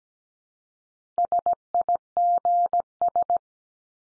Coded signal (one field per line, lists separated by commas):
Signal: Morse code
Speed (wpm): 17 wpm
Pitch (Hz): 700 Hz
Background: none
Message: SIGS